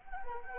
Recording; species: mosquito wingbeat signal from an infrared sensor; Anopheles arabiensis